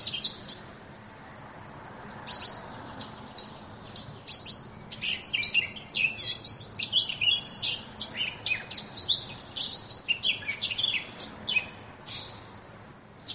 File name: moenchsgrasmuecke